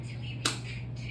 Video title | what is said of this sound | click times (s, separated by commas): Consultation for In-Office Allergy Drops; SLIT | so you'll hear a click whenever you inject the Avi queue okay okay | 0.5 s